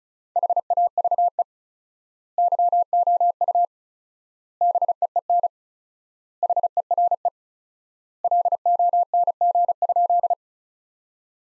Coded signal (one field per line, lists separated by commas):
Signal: Morse code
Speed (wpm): 34 wpm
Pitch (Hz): 700 Hz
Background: none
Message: HAVE YOU BEEN HERE LONG?